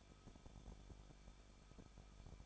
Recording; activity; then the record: daily activity, microphone in the room; no activity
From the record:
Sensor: 5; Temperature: 20.8 degrees Celsius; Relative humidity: 38.4%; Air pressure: 1006.5 hPa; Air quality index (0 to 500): 191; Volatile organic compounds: 20 ppm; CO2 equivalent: 2701 ppm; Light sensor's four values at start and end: 2/3/1/1 and 2/3/1/1